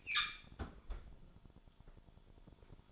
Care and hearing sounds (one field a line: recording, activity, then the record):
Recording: daily activity, microphone in the room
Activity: close fridge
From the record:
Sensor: 5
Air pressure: 1007.9 hPa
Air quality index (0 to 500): 92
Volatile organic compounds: 1 ppm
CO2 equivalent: 722 ppm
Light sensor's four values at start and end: 47/107/45/48 and 45/103/44/46